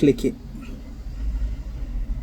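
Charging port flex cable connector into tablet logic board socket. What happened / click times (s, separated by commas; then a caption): Handled, no seating click yet / none. A charging port flex cable connector is handled over its socket on the logic board of a Samsung Tab T320 tablet during a charging port replacement. Someone talks briefly at the start over a low background rumble. Nothing has seated or clicked yet.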